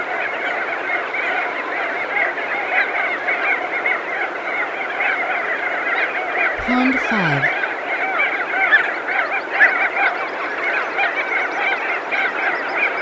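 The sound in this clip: Crested auklet chorus, many birds honking and barking together without pause; a short falling synthetic tone cuts in around the seventh second.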